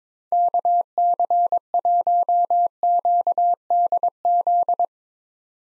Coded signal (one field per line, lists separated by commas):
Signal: Morse code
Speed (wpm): 22 wpm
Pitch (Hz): 700 Hz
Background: none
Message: KC1QDZ